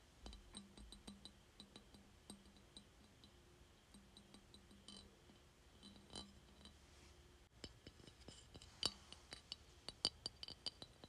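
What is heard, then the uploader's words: Someone taps on a glass container, making sharp, bright clinks that come irregularly throughout, sometimes in quick clusters. A low steady hum with faint tones sits underneath, and the taps grow louder and more ringing after about eight seconds. ASMR Tapping Glass Container.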